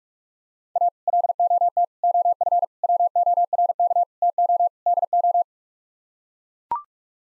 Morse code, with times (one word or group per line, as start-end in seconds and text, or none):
0.8-0.9 A
1.1-1.8 LOT
2.0-2.6 OF
2.8-4.0 WORK
4.2-4.7 TO
4.9-5.4 DO